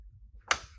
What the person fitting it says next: okay hear the click